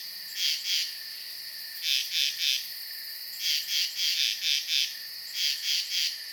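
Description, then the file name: Insects chirping, pulsed high bursts in short groups over a steady shrill drone, with short gaps between groups. At night. "Blastwave FX Night Insects Frogs"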